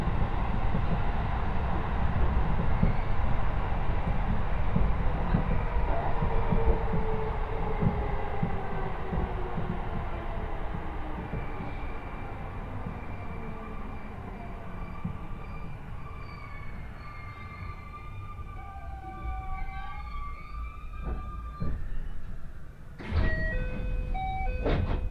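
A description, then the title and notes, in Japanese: A train runs with a steady, dense low rumble and rising whine, then slows; near the end, squealing tones and a short chime-like sound. 耳で楽しむ鉄道旅 湖西線 小野→おごと温泉→蓬莱。モーター音が全く違うのがよく分かりますし、高架を走っているので踏切の音がないのも分かると思います。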